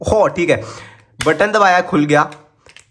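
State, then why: Not seated. Someone talks while handling the plastic case of a puzzle cube, pressing the two halves together to snap its lid shut, with a couple of faint handling ticks near 2.7 and 2.8 seconds. The lid has not latched yet, and nothing has clicked by the end of the clip.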